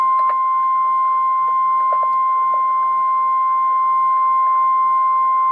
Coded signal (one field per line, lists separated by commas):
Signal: Emergency Alert System (SAME) tones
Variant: 1050 Hz attention tone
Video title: REAL EAS 946-SVR